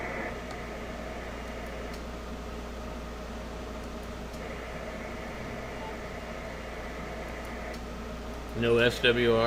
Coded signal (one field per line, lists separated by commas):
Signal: FT8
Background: speech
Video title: ham radio live: